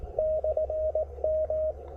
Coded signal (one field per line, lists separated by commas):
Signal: Morse code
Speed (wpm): 18 wpm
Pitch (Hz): 600 Hz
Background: none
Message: /M